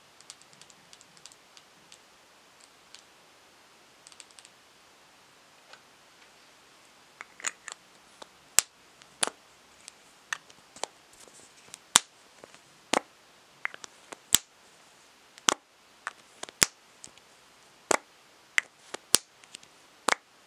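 Tapping on product packaging, sparse and soft for the first seven seconds, then sharp bright taps arriving roughly every half second to second through to the end. Faint crinkly rustling sits underneath, with a brief low hum around the eight-second mark.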